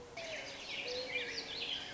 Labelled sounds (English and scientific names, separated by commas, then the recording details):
Mourning Dove (Zenaida macroura)
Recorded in Sonoma County, California